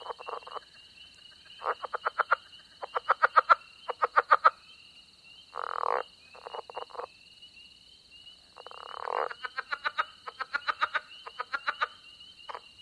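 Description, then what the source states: Southern leopard frogs giving rapid, chuckling pulse series and a couple of rough grunts, while a steady high peeping runs behind. Two frogs calling in rough alternation at a small pond in Mississippi, early spring, giving grunting notes and loud chuckling calls; spring peepers call in the background.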